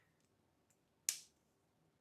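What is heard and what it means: A nylon BandLethic Rack Outdoor watch band's QuickFit quick-release end is pressed with firm pressure into the lug of a Garmin Forerunner 970 smartwatch. After near silence, a single sharp, bright click sounds at 1.1 s and fades quickly. The band end is seated, and one end is done.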